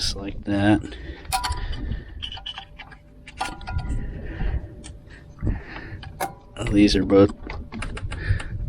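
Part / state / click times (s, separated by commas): wiring harness connector into engine component socket / seated / 7.5 s, 7.8 s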